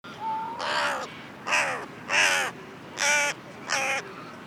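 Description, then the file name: Carrion Crow giving harsh, hoarse caws, five loud rasping calls spaced unevenly over about four seconds, with a faint thin whistle before the first. "Corvus corone"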